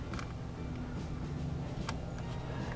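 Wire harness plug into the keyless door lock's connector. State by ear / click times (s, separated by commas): seated / 1.9 s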